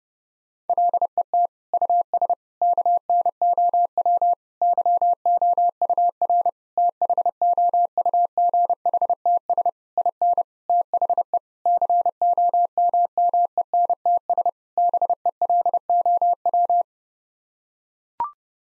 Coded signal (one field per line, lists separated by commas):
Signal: Morse code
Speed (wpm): 30 wpm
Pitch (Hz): 700 Hz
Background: none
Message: LET US KNOW YOUR THOUGHTS IN THE COMMENTS BELOW